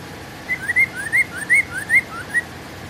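Bird song of rapid, clear upslurred whistles, several notes in about two seconds, with delicate high ticks over them.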